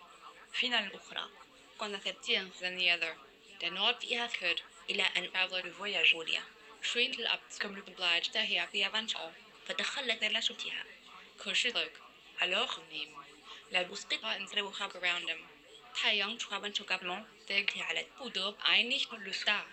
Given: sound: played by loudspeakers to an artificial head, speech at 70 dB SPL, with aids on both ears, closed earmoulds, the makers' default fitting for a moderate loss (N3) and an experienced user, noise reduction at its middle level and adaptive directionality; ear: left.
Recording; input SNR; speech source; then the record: speech test signal (ISTS) in cocktail-party noise; +3 dB; in front (0 degrees)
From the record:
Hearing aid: class 1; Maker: I